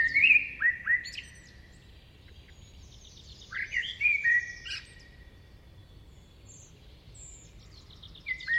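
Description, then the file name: Common blackbird, fluty warbled phrases with down-slurred notes, one burst near the start and another around four seconds. "Turdus merula"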